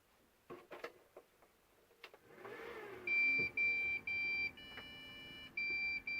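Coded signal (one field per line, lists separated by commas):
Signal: beep code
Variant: PC POST beeps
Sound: handling clicks, then a steady series of short high beeps repeating until the clip ends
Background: handling clicks, room noise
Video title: Beeping sound when turning on the PC. Комп пищит при включении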